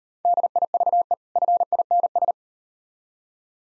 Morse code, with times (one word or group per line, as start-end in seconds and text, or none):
0.2-1.1 DIVE
1.4-2.3 FINS